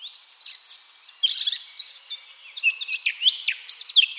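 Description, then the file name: Eurasian blackcap warbling song, hurried chattering and sweet notes jumbled together for about four seconds. "Sylvia atricapilla"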